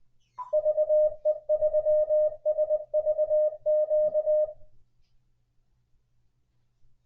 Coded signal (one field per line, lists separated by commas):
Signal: Morse code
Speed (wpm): 20 wpm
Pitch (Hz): 610 Hz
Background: none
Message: VE3SVQ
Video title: 14 TIPS TO MAKE IT EASIER FOR YOU TO LEARN MORSE CODE